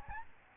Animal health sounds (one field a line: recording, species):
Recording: mosquito wingbeat signal from an infrared sensor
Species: Aedes albopictus